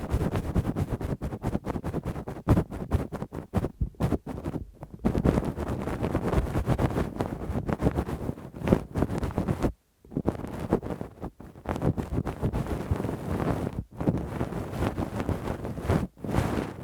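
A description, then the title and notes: Rough ear cleaning with a swab and ear pick. Dense, scratchy rubbing and crackling fill almost the whole clip, with deep muffled rumble underneath and brief near-silent breaks around four, ten and sixteen seconds. Intense Rough Deep Ear Cleaning w Q-tip, Ear Pick. (No Talking).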